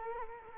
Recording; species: mosquito wingbeat signal from an infrared sensor; Culex quinquefasciatus